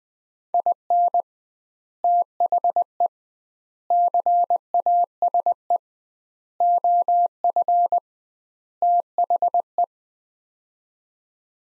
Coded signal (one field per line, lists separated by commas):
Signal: Morse code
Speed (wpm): 20 wpm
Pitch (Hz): 700 Hz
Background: none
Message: IN THE CASE OF THE